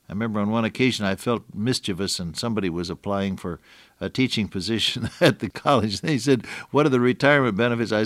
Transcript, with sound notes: I remember, on one occasion, I felt mischievous and somebody was applying for a teaching position at the college. [chuckle] They said, “What are the retirement benefits?”